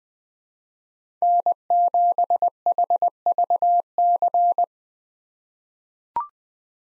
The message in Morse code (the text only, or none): N7HVC